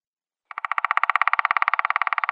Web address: Schulze Peter Black Woodpecker drumming